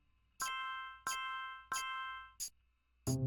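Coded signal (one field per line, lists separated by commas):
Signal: none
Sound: game puzzle chime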